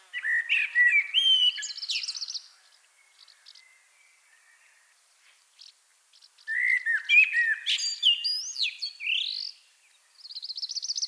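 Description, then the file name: Common blackbird song: two phrases, each opening with low fluted warbling notes and ending in high, squeaky twittering, separated by a pause of a few seconds, then more high twittering at the end. "Turdus merula"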